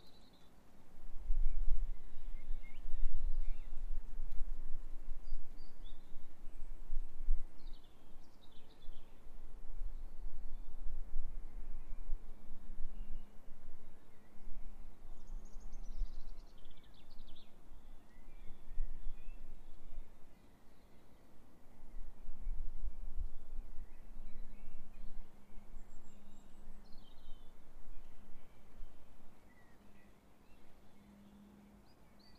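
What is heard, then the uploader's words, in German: Birds call sparsely over a steady low rumble, with short chirps and twitters scattered across the clip, a few clustered around 3–5 and 15–17 seconds. A faint low hum drifts in and out from about 12 seconds, and bursts of deep rumbling swell near the start and around 22 seconds. Die Vögel sind schon eine Stunde vorher wach, allerdings im März noch etwas verhalten.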